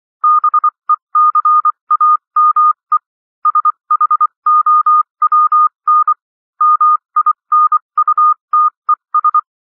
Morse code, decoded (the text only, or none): BECAME SHOWN MINUTES